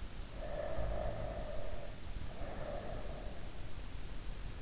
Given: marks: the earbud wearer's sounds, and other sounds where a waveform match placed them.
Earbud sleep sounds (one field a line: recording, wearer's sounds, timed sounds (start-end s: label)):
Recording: sounds in sleep by an in-ear microphone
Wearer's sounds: breath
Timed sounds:
0.29-3.49 s: breath